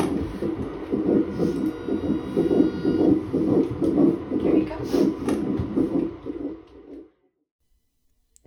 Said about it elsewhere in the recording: Prepped for the ultrasound we got to hear the heartbeat. Okay, 122. Tiny little flutter on the ultrasound, which I knew was the baby's heartbeat.